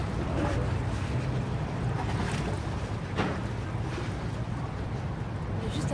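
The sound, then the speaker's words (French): A boat passes on the Seine in Paris, at Île Saint-Germain by a bridge, its low engine rumble steady beneath a broad wash of churning water and waves, with a few brief splashes rising out of the constant noise. “Ça fait des vagues, hein ?”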